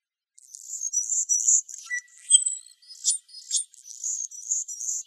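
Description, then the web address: Anna's hummingbird song of buzzy, wheezy high phrases broken by sharp chip-like squeaks and one lower thin whistle, repeated in quick succession. Recorded in Arizona. "Hummingbirds Swifts AZFO ANHU deviche"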